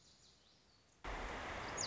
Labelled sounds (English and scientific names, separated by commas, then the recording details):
Lazuli Bunting (Passerina amoena)
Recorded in Sonoma County, California